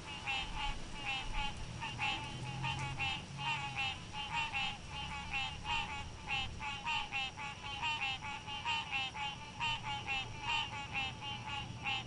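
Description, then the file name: Frogs calling with rapid, repeated clicking notes, pulsing steadily throughout, with low background rumble. "Quieter Frogs"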